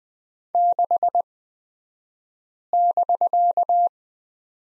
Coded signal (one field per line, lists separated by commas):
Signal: Morse code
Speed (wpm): 20 wpm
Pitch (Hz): 700 Hz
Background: none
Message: 6<BK>